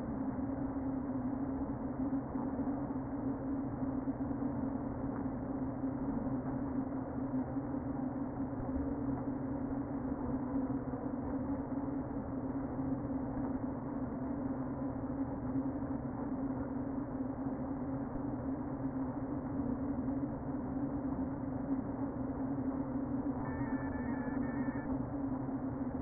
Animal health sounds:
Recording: honeybee colony, microphone inside the hive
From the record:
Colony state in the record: queen present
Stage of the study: before two queens were removed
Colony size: about 60,000 bees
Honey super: yes

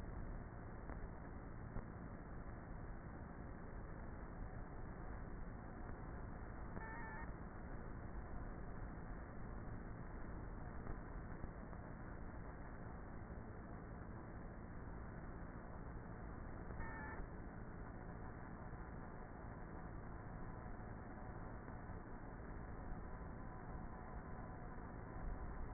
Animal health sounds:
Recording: honeybee colony, microphone inside the hive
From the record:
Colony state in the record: queenless with a low population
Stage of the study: before two queens were removed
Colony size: about 30,000 bees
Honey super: no

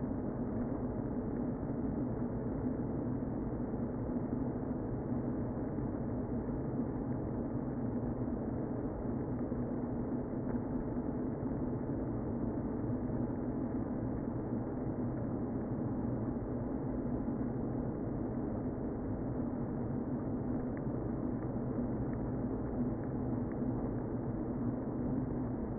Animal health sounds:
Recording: honeybee colony, microphone inside the hive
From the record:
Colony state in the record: queen present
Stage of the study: before two queens were removed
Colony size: about 60,000 bees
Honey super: yes

